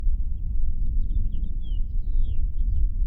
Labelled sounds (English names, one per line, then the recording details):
House Finch song
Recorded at Long Beach on Long Island, New York, on 2 June 1975
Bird A